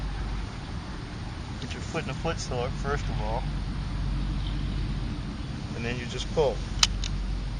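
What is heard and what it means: Someone talks while placing a foot in the stirrup of an SA Sports Gear Fever recurve crossbow and pulling the bowstring back with a rope cocking device, over a steady low background rumble. At 6.8 s a sharp, loud click sounds as the bowstring locks into the trigger latch, and the string is seated.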